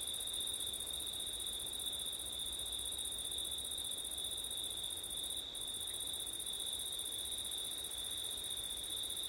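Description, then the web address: A chorus of crickets sings one sustained high-pitched trill, with a brief tiny dip near the middle, over steady wind noise. Crickets singing at night in September, recorded in windy conditions; ORTF microphone setup. "audio crickets wind september night ortif"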